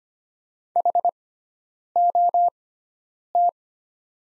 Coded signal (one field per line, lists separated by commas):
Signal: Morse code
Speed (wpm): 25 wpm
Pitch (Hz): 700 Hz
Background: none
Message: HOT